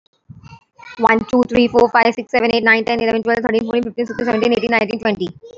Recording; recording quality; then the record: counting at a fast pace; excellent, no background noise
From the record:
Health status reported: recovered from COVID-19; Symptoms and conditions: cough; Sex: female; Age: 27 years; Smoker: not ticked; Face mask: not worn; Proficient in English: yes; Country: India